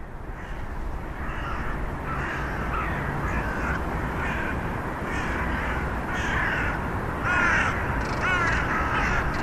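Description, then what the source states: Crows cawing in a dense, overlapping chorus over a steady low rumble, with a few louder caws standing out near the end. One thousand crows.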